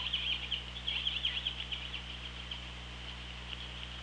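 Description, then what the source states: Orca pulsed calls: a quick run of short buzzy chirps over the first two seconds, then only steady hiss and a low electrical hum. Recorded on the OrcaLab hydrophone, 24 August 2017, at 16:52.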